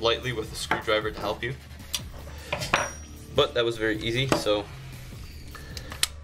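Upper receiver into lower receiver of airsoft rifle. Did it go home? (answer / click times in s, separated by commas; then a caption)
yes / 6.0 s. During reassembly of an Airsoft G.I. FMG4-A1 airsoft AR-15 (M4/M16) rifle, the upper receiver is pushed forward a little on the lower receiver while someone talks over light handling knocks. A sharp click at 6.0 s marks the upper receiver seating in place on the lower receiver.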